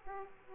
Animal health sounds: mosquito wingbeat signal from an infrared sensor; Aedes aegypti

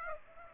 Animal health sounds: mosquito wingbeat signal from an infrared sensor; Aedes aegypti

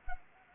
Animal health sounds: mosquito wingbeat signal from an infrared sensor; Anopheles arabiensis

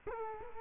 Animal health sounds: mosquito wingbeat signal from an infrared sensor; Culex quinquefasciatus

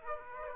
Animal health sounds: mosquito wingbeat signal from an infrared sensor; Aedes aegypti

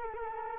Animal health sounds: mosquito wingbeat signal from an infrared sensor; Culex quinquefasciatus

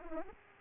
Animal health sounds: mosquito wingbeat signal from an infrared sensor; Aedes aegypti

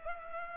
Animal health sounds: mosquito wingbeat signal from an infrared sensor; Culex pipiens

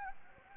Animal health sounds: mosquito wingbeat signal from an infrared sensor; Anopheles gambiae

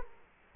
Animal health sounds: mosquito wingbeat signal from an infrared sensor; Culex quinquefasciatus

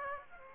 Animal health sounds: mosquito wingbeat signal from an infrared sensor; Aedes aegypti

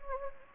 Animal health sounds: mosquito wingbeat signal from an infrared sensor; Anopheles gambiae

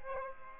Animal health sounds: mosquito wingbeat signal from an infrared sensor; Aedes aegypti

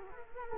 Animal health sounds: mosquito wingbeat signal from an infrared sensor; Culex quinquefasciatus

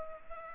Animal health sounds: mosquito wingbeat signal from an infrared sensor; Culex pipiens

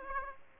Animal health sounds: mosquito wingbeat signal from an infrared sensor; Aedes aegypti

